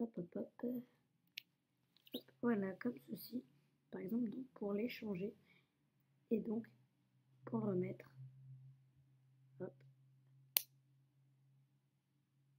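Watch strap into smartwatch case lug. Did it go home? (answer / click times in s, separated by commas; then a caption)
yes / 10.6 s. An interchangeable watch strap is reattached to a Samsung Gear S2 smartwatch case, snapping into its lug with one sharp click at 10.6 seconds. Someone talks for most of the clip over a low steady hum. The strap seats.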